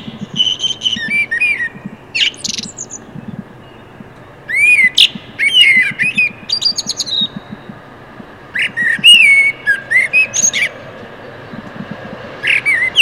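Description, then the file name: Common blackbird song: mellow whistled phrases, each ending in a squeaky high twitter, given in bursts every few seconds with a faint low pulsing hum beneath. "Turdus merula"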